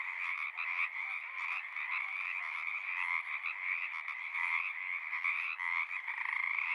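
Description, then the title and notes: Pacific tree frogs in full chorus, a constant layered mass of short raspy croaks. Large raucous community at frog ponds in Seattle, Washington, USA; recorded on a Sound Devices 702 with an ORTF pair of Røde NT5 microphones. "One local community here in Seattle is located in the Frog Ponds of Magnusson Park"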